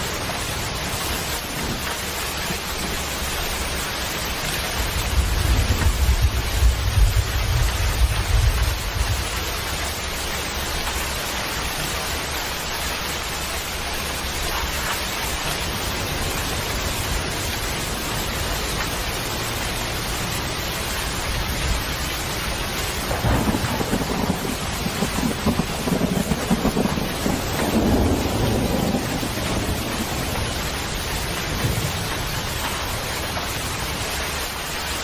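Heavy rain pours in a dense, steady hiss, with a low thunder rumble around five seconds and another rolling roughly from twenty-three seconds.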